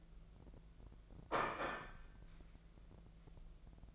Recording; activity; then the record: daily activity, microphone in the room; place plate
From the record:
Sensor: 5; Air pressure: 1015.2 hPa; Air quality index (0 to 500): 205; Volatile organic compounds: 10 ppm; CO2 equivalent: 2246 ppm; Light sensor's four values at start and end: 49/117/47/48 and 49/116/47/48